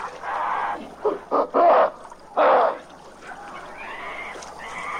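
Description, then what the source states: Ape screaming in harsh, broken bursts: several loud shrieks, then quieter squeals. Apes screaming and growling angrily in a long sequence.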